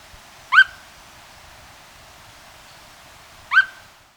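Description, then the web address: Unicolored Tapaculo calls: a pair of quick upslurred notes, spaced roughly three seconds apart against a quiet background. Recorded in Ecuador. "Birds of Ecuador 2. Unicolored Tapaculo"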